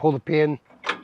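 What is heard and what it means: A custom-made steel latch on the rear swing-out tire carrier of an off-road vehicle is handled as someone talks and pulls the pin. A brief sharp sound follows at about 0.9 s. Nothing has seated or locked into place yet.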